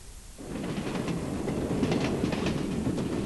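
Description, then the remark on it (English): A train rumbles and clatters steadily along the rails, a dense low roar with faint repeating clicks, starting abruptly after a brief quiet moment and holding at constant loudness. “Excuse me, does this train stop at Gatwick?”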